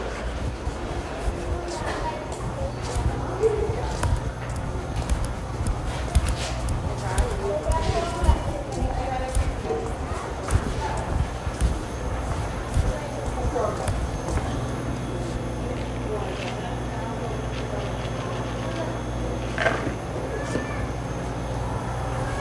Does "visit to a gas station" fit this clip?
yes